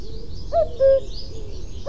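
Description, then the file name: Common cuckoo giving a single falling two-note cu-coo, with the start of the next call at the end and quiet bird chatter behind. "coucou gris"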